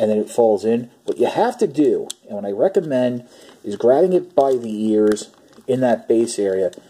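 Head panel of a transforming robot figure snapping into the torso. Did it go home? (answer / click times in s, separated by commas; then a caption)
no / none. Someone talks while handling the plastic head assembly of a transforming robot figure, grabbing it by the ears in the base area so the head panel can be pulled up to snap into the torso. Only speech is heard, with no sharp sounds. Nothing has seated or clicked yet.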